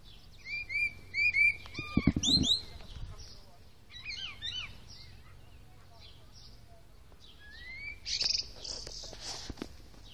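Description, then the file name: Common blackbird song: a string of repeated whistled notes and chattery bursts, followed later by faint rising whistles and a high scratchy ending. "Turdus merula"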